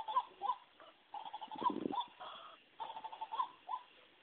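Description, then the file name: White-breasted waterhen calls, nasal croaking notes in quick uneven bursts, with a lower rough grunting passage midway. "Amaurornis Phoenicurus Call"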